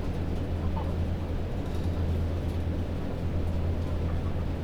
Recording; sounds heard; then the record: poultry house recording; healthy chickens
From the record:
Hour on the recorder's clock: 22